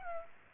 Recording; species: mosquito wingbeat signal from an infrared sensor; Culex pipiens